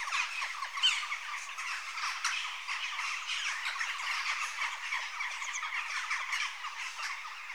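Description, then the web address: Western jackdaws calling in a flock, a dense steady chatter of short, sharp, overlapping calls that continues throughout without pause. Adult jackdaws. "The BBC Sound Effects Library - Complete 60 CDs Collection. Jackdaw (Corvus Monedula) Adults"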